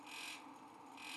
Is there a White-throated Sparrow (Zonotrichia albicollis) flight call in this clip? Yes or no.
no